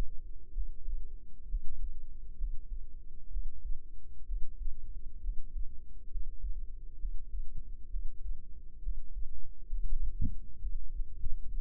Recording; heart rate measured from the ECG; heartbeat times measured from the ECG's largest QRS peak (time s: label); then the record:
heart sounds by microphone in the right ear; 65 bpm
0.51 s: heartbeat
1.46 s: heartbeat
2.35 s: heartbeat
3.28 s: heartbeat
4.24 s: heartbeat
5.19 s: heartbeat
6.08 s: heartbeat
6.96 s: heartbeat
7.88 s: heartbeat
8.80 s: heartbeat
9.66 s: heartbeat
10.58 s: heartbeat
11.51 s: heartbeat
From the record:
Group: healthy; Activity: Valsalva maneuver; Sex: female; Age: 22 years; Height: 160 cm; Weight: 45 kg